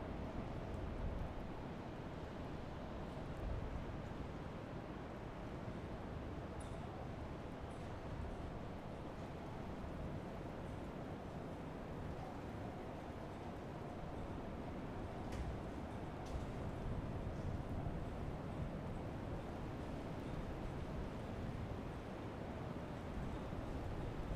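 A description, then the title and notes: Autumn ambience of a steady, dense low rush like wind or surf, unchanging throughout, with a few faint brief clicks around fifteen seconds. Autumn Wind Ambience. Cozy Autumn Sounds.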